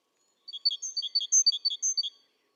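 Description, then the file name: Great tit giving one short burst of quick, bright, repeated note triplets, lasting under two seconds, otherwise quiet. "Parus major"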